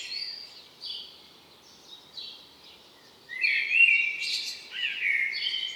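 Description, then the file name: Common blackbird calls: several high chirps for about three seconds, then a louder twittering phrase that carries on to the end. "Turdus merula"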